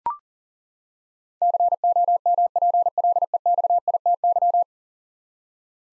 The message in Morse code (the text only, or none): COMPLEXITY